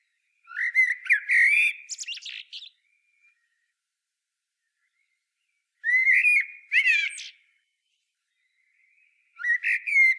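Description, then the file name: Common blackbird delivering rich whistled phrases a few seconds apart, mixed with thin, scratchy high notes. "Turdus merula"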